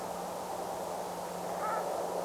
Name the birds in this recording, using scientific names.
Branta bernicla